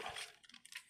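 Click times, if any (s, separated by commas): none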